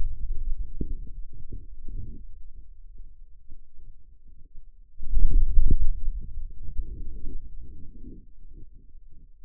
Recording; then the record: forearm muscle sounds (acoustic myography)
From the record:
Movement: hand closing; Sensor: system 2, bracelet of six BSWA MPA416 microphones around the upper forearm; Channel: 6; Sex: male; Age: 22 years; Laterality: right